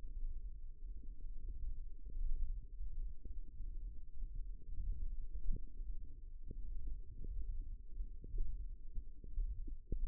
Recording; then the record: forearm muscle sounds (acoustic myography)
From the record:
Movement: ulnar deviation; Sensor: system 1, eight BSWA MPA416 microphones around the upper forearm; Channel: 8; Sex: female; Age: 21 years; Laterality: right